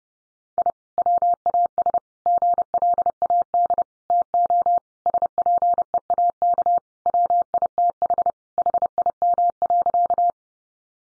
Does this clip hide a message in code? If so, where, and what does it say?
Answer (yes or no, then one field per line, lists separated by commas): yes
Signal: Morse code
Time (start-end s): 0.6-10.3 s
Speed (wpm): 30 wpm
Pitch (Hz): 700 Hz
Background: none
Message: I WAS GLAD TO SPEAK WITH HIM.